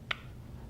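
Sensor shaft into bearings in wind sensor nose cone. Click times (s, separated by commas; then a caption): 0.1 s. A sensor shaft is carefully pushed through newly installed bearings in a wind sensor nose cone and gives a single sharp, bright click at 0.1 s as it locks into place. The click rings briefly against a low steady hum. The shaft is seated and locked.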